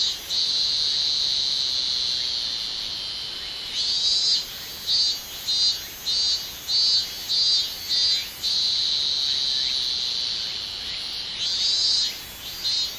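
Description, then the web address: Minmin cicada song: a steady high buzzing drone that breaks into a run of evenly pulsed throbbing notes, then returns to a continuous drone before pulsing again. "shamanippon-2012 a minminzemi"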